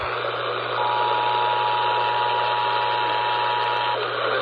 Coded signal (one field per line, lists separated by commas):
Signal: Emergency Alert System (SAME) tones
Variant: 853 and 960 Hz attention tone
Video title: YOU ARE ALSO OF ONE WARNINGS... EAS Alerts From 1/9/26 - 1/10/26 (EAS#5,080 - 5,090)